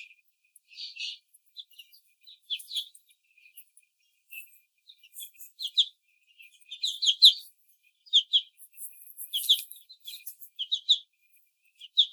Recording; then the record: young laying hens in a cage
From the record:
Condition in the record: after the stressor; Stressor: simulated dog barking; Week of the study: 4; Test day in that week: 2